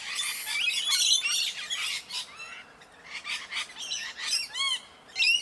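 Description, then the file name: Parrots giving harsh squawks and shrill chattering notes in uneven bursts, with a few rising and falling whistled calls near the end. Parrots in a tree. "oroborosnz parrots-in-tree"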